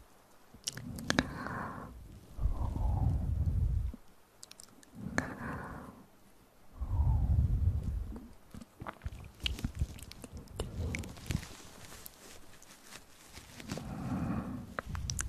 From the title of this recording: Upclose Mouth Sounds, Inaudible Whispering